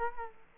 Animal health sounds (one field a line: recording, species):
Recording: mosquito wingbeat signal from an infrared sensor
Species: Culex quinquefasciatus